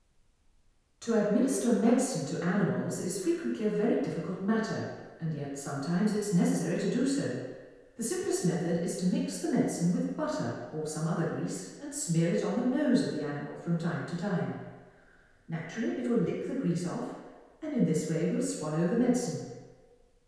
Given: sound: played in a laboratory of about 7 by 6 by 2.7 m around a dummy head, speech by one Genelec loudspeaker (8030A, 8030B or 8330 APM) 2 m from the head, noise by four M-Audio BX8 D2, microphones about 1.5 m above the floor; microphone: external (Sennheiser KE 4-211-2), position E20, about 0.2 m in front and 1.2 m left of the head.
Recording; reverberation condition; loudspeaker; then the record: female speech in English; high; 60 degrees to the right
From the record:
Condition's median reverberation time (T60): about 1300 ms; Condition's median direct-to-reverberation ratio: about -4.0 dB